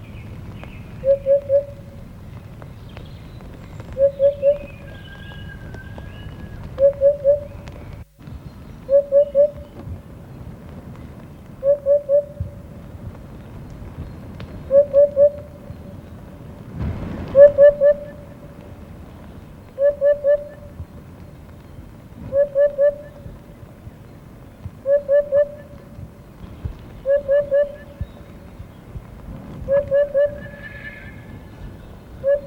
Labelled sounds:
Eurasian Hoopoe (Upupa epops) song
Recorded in the wild
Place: Villach, Kärnten, AT
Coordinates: 46.5921, 13.8245
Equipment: Uher 4100 Report-V
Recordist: Brunner, Thomas
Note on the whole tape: Wiedehopf, Gesang. Villache, in den Oberdörfern. Am 08. und 09. Mai 1971

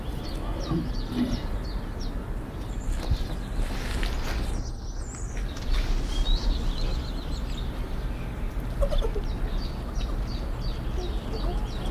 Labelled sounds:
Corsac Fox (Vulpes corsac) call
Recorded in captivity
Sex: diverse
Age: diverse
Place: Zoo Halle, Sachsen-Anhalt, DE
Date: 1991-04-06
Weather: sunny, 4-13 °C
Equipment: Marantz, Sennheiser ME 80, Kopie Tesla B 116
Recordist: Tembrock, Günter

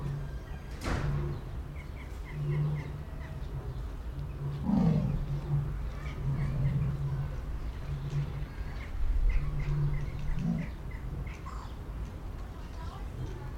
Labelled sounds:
Lion (Panthera leo)
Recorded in captivity
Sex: pair
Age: adult
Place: Zoo Berlin, Berlin, DE
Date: 1993-03-06 12:46
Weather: 3-6 °C, heiter bis wolkig
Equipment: Marantz CP 430, Sennheiser ME 80, Kopie Uher Variocord 263
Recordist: Tembrock, Günter

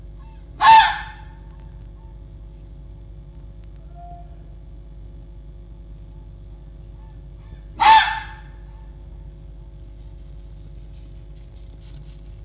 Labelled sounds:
Red Fox (Vulpes vulpes)
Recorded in captivity
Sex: male
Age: adult
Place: Zoologisches Institut der HUB, Berlin, DE
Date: 1956-02-22
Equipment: Elmetra
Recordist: Tembrock, Günter
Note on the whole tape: Jupp: Bellserie (LBo). Teilweise gute Aufnahmequalität, aber Kopiereffekte

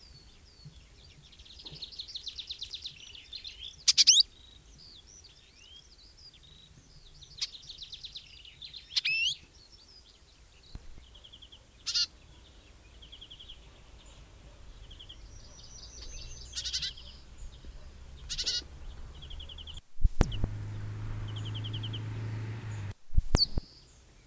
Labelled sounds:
Icterine Warbler (Hippolais icterina)
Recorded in the wild
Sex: pair
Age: adult
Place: Kleinsendelbach, Bayern, DE
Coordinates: 49.5947, 11.1572
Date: 1964-06-20
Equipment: Nagra, Original, Vollspur
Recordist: Tretzel, Erwin

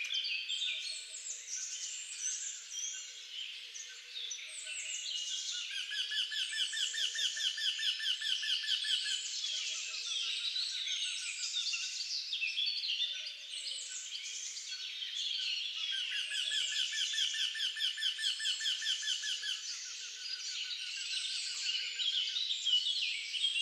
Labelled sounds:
Eurasian Wryneck (Jynx torquilla) song
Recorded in the wild
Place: Lilienhof / Kaiserstuhl, Baden-Württemberg, DE
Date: 2009-04-11
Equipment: MiniDisc Sharp MT 20 H
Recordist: Schwarz, Dieter
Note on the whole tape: Song

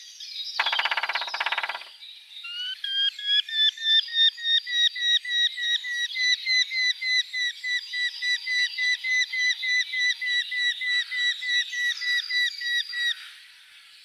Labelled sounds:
Eurasian Hobby (Falco subbuteo)
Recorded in the wild
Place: Jägerhof / Breisach am Kaiserstuhl, Baden-Württemberg, DE
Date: 1984-04-22
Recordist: Schwarz, Dieter

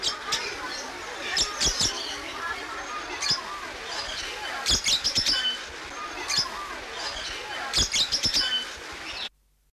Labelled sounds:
Lilian's Lovebird (Agapornis lilianae) call
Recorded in captivity
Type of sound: call
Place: Vogelpark Walsrode, Niedersachsen, DE
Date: 1974-07-24
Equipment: Halbspur, 9,5 cm/s
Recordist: Lütgens, Hans
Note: Rufe

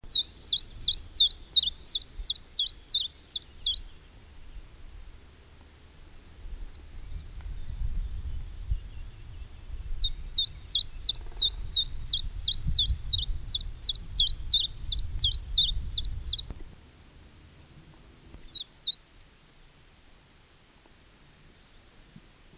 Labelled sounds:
Common Chiffchaff (Phylloscopus collybita) song
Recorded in the wild
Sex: male
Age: adult
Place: Heroldsbach, Bayern, DE
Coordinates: 49.6836, 10.99
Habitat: forest
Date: 1967-04-01
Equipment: Original, Vollspur
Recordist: Tretzel, Erwin

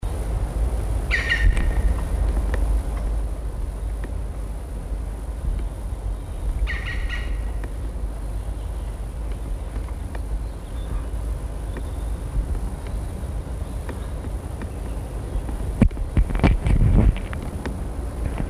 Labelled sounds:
Black Woodpecker (Dryocopus martius) call
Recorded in the wild
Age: adult
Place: Mühlenbecker Wald, Brandenburg, DE
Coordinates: 52.6917, 13.3833
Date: 1961-07-26 19:10
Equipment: Minifon, Kopie Smaragd
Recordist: Tembrock, Günter

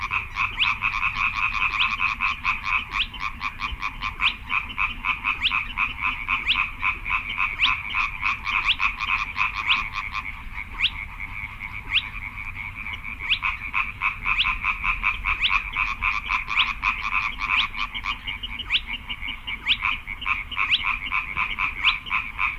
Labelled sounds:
Spotted Crake (Porzana porzana)
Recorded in the wild
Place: Kützerhof, Kummerower See, Mecklenburg-Vorpommern, DE
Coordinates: 53.8536, 12.8675
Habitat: wetland
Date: 2009-05-07 23:07
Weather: bedeckt, windstill, ca. 10°C
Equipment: Sound Devices 702, Sennheiser MKH 70, Rycote Windschutz
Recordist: Frommolt, Karl-Heinz

